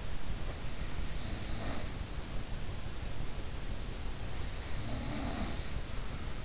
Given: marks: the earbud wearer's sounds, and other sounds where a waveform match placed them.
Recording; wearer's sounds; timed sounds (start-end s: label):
sounds in sleep by an in-ear microphone; snoring breath
0.37-2.17 s: snoring breath
4.42-6.45 s: snoring breath